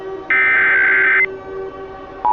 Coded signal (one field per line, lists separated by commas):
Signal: Emergency Alert System (SAME) tones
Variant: header bursts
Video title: EAS Scenario: Sprunki